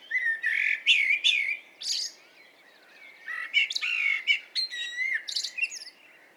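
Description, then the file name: Common blackbird delivering two rapid phrases of fluty whistles mixed with high chattering squeaks. "Turdus merula"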